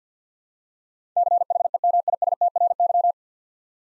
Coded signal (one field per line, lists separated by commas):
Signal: Morse code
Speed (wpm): 50 wpm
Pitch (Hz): 700 Hz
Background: none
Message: CHEMISTRY